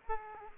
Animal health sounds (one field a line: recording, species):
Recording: mosquito wingbeat signal from an infrared sensor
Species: Aedes aegypti